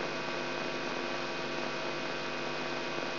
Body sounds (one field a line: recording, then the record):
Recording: brain microelectrode recording played as sound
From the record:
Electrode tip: outside the subthalamic nucleus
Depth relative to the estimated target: -8 mm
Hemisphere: right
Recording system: AlphaMap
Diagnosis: Parkinson's disease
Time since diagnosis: 16 years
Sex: male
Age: 67 years